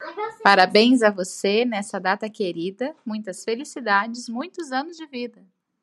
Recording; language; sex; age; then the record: short text; Brazilian Portuguese; female; 20 to 29 years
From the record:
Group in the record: control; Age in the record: 29 years